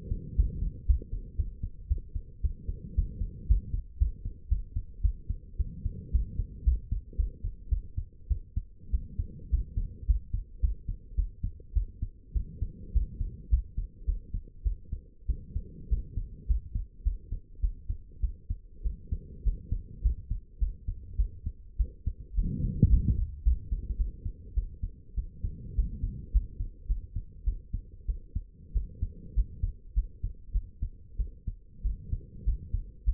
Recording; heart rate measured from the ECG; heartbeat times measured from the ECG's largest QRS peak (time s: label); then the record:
heart sounds by stethoscope; 105 bpm
0.37 s: heartbeat
0.87 s: heartbeat
1.37 s: heartbeat
1.89 s: heartbeat
2.43 s: heartbeat
2.96 s: heartbeat
3.48 s: heartbeat
3.99 s: heartbeat
4.50 s: heartbeat
5.03 s: heartbeat
5.58 s: heartbeat
6.12 s: heartbeat
6.65 s: heartbeat
7.17 s: heartbeat
7.70 s: heartbeat
8.29 s: heartbeat
8.92 s: heartbeat
9.51 s: heartbeat
10.07 s: heartbeat
10.61 s: heartbeat
11.16 s: heartbeat
11.75 s: heartbeat
12.34 s: heartbeat
12.93 s: heartbeat
13.50 s: heartbeat
14.06 s: heartbeat
14.64 s: heartbeat
15.28 s: heartbeat
15.90 s: heartbeat
16.47 s: heartbeat
17.04 s: heartbeat
17.61 s: heartbeat
18.22 s: heartbeat
18.84 s: heartbeat
19.44 s: heartbeat
20.03 s: heartbeat
20.59 s: heartbeat
21.17 s: heartbeat
21.78 s: heartbeat
22.36 s: heartbeat
22.90 s: heartbeat
23.44 s: heartbeat
23.98 s: heartbeat
24.55 s: heartbeat
25.16 s: heartbeat
25.76 s: heartbeat
26.32 s: heartbeat
26.88 s: heartbeat
27.45 s: heartbeat
28.07 s: heartbeat
28.74 s: heartbeat
29.35 s: heartbeat
29.95 s: heartbeat
30.53 s: heartbeat
31.18 s: heartbeat
31.83 s: heartbeat
32.45 s: heartbeat
33.05 s: heartbeat
From the record:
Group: healthy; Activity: rest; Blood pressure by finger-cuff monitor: 107/71 mmHg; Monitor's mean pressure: 87 mmHg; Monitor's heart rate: 104 bpm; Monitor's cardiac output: 8.6 L/min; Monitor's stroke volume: 83 mL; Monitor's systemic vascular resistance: 730 dyn s/cm5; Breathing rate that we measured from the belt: 19 breaths a minute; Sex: female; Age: 22 years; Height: 161 cm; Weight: 65.5 kg